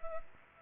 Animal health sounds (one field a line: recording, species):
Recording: mosquito wingbeat signal from an infrared sensor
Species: Culex pipiens